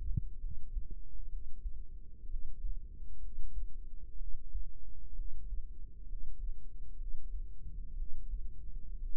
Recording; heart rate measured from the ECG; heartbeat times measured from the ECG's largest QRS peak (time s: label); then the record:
heart sounds by microphone in the right ear; 63 bpm
0.38 s: heartbeat
1.27 s: heartbeat
2.26 s: heartbeat
3.18 s: heartbeat
4.15 s: heartbeat
5.13 s: heartbeat
6.04 s: heartbeat
6.95 s: heartbeat
7.94 s: heartbeat
8.97 s: heartbeat
From the record:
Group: healthy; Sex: female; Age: 22 years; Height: 171 cm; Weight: 65.6 kg